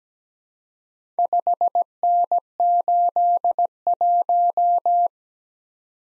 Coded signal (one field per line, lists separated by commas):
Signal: Morse code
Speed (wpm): 17 wpm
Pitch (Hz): 700 Hz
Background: none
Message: 5N81